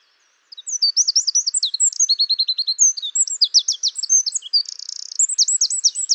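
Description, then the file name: Eurasian wren pouring out a rapid, high-pitched song of repeated notes with a buzzy trill, continuing without a break after a short silence. "Troglodytes troglodytes"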